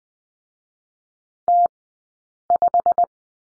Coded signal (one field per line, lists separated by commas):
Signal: Morse code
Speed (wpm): 20 wpm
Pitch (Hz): 700 Hz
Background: none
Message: T5